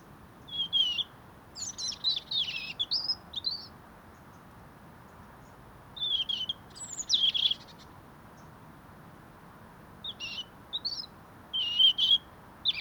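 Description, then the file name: European robin delivering rapid, high, jumbled warbling phrases with sharp notes and trills, three bursts separated by short silences, over light background hiss. "Erithacus rubecula"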